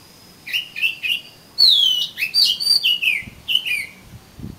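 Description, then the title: Oriental magpie-robin song, a lively run of clear whistles, one long sliding note and quick chirped phrases following closely, with a faint steady tone at the start. "Kacer Kacer"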